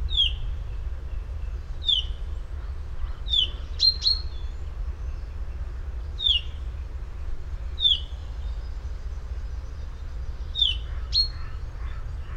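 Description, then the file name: Common chaffinch calls: short bright downslurred chirps repeated roughly every one to three seconds, some doubled, over a constant low hum. "Fringilla coelebs"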